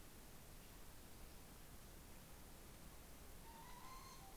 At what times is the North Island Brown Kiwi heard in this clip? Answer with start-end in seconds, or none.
none